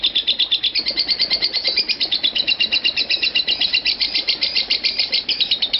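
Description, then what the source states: Lovebird chattering: fast, slightly uneven bursts of piercing chirps, running on without a break. Konslet song style.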